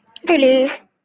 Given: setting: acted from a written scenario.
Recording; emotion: vocal sound without words; relief